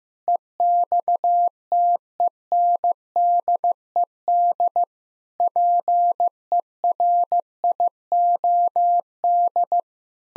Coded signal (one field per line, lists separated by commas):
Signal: Morse code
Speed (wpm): 15 wpm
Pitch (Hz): 700 Hz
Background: none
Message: EXTENDED PERIOD